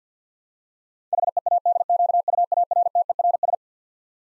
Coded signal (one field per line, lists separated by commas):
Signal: Morse code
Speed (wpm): 50 wpm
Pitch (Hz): 700 Hz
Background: none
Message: HEADQUARTERS